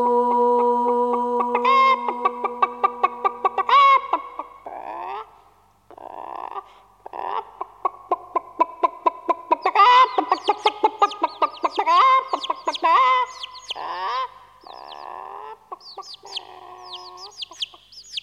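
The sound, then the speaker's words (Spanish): A hen clucks in quick, choppy bursts, mixing rapid pulsed clucks with longer nasal, squawky calls, fairly loud and steady for the whole stretch with no voices. “gallina su pollito canta el arroró. Pío, pío, pío. Cocoro, coco.”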